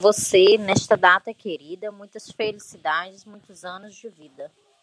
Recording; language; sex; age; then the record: short text; Brazilian Portuguese; female; 20 to 29 years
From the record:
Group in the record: control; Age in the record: 29 years